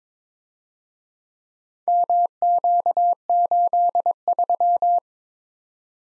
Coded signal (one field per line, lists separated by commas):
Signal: Morse code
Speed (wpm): 26 wpm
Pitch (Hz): 700 Hz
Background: none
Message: MQ83